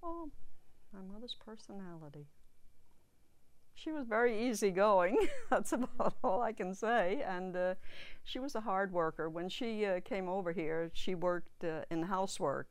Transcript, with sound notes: Oh, my mother's personality. She was very easy-going. (she laughs) That's about all I can say and she was a hard worker. When she came over here she worked in housework.